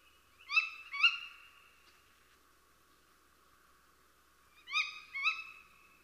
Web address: chant xeno-canto chouette hulotte